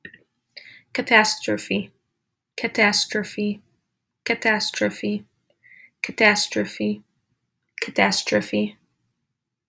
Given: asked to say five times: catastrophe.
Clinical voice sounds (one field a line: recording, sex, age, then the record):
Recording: repeated word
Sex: female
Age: 20 to 29 years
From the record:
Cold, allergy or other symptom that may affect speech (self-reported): no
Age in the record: 21 years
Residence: Illinois, United States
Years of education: 16